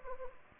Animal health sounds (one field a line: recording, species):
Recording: mosquito wingbeat signal from an infrared sensor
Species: Anopheles gambiae